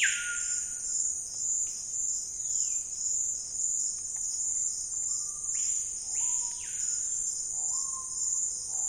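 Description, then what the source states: Screaming piha, whistled calls sweeping steeply up then down in paired arches after low level notes, under a steady high buzzing insect chorus. Wild birds in the Amazon Basin rainforest, area of dense canopy but sparse undergrowth, on a calm afternoon, calling amid an insect and frog chorus.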